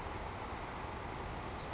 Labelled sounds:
Savannah Sparrow (Passerculus sandwichensis)
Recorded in Sonoma County, California

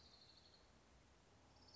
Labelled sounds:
Orange-crowned Warbler (Leiothlypis celata)
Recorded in Sonoma County, California

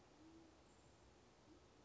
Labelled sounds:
Band-tailed Pigeon (Patagioenas fasciata)
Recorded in Sonoma County, California

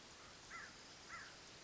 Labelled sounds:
American Crow (Corvus brachyrhynchos)
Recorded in Sonoma County, California

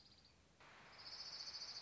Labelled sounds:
Orange-crowned Warbler (Leiothlypis celata)
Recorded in Sonoma County, California

